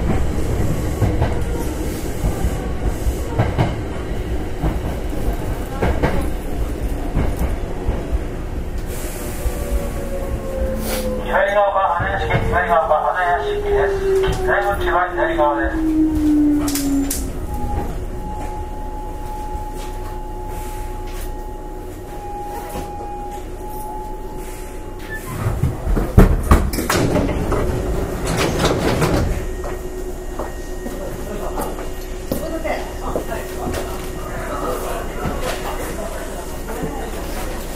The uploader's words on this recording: 阪急6000系 宝塚線急行 梅田から宝塚まで. It is running sound of Hankyu Railway 6000 series train. I recorded on the express train of Takarazuka Line. The section is from Umeda to Takarazuka.